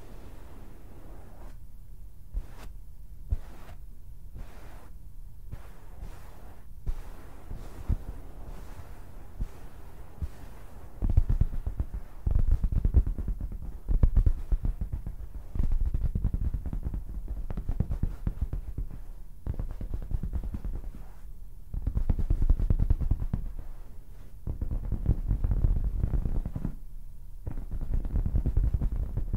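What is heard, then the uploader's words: Fabric being scratched and rubbed, with sharp taps scattered through the first ten seconds. After about eleven seconds the rubbing grows heavier and louder, a dense low rustle that swells and eases in waves, with brief quieter gaps near 20 and 27 seconds. ASMR THE MOST COMFY AND SOFT SOUNDS TO SLEEP FABRIC SCRATCHING, RUBBING AND TAPPING - NO TALKING.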